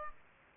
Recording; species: mosquito wingbeat signal from an infrared sensor; Aedes aegypti